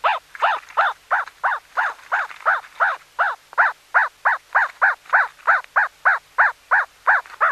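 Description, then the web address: Dog yelping in a fast, steady series, about three arched, squealing yelps each second without pause throughout. One puppy. "zvukodnogoschenka"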